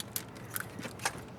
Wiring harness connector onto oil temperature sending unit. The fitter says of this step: there's an oil temperature setting unit we're gonna snap in that